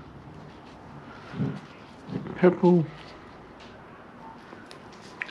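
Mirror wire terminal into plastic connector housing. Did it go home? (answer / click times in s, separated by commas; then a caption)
yes / 5.2 s. A purple wire terminal is pushed into the plastic connector housing of a G35 side mirror being removed for repair or replacement, while someone talks. A sharp, loud click at 5.2 s marks the terminal seating in the housing.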